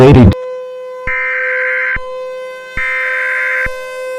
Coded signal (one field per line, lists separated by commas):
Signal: Emergency Alert System (SAME) tones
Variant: header bursts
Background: speech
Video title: EAS Scenario #6: Wedge in the Peach State